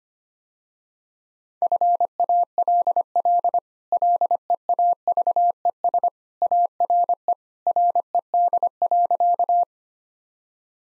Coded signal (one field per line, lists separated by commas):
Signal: Morse code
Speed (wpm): 25 wpm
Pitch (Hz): 700 Hz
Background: none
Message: FALL LEAVES ARE RED.